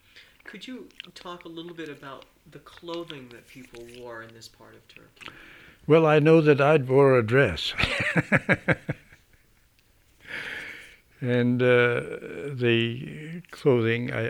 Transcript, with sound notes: Can you talk a little bit about the clothing that people wore in this part of Turkey?
Well, I know that I wore a dress. (he laughs) And the clothing